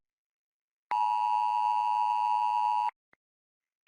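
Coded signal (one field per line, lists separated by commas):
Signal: Emergency Alert System (SAME) tones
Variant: 853 and 960 Hz attention tone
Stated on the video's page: Fictional entertainment scenario using valid EAS tones.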